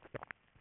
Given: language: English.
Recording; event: throat vibration sensor signal played as sound; swallow